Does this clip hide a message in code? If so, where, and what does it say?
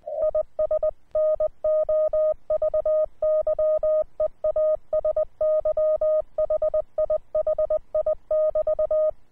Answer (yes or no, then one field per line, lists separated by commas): yes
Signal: Morse code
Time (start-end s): 0.2-9.1 s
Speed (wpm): 20 wpm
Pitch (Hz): 620 Hz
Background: none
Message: IS NOV YEASY HI HI <BT>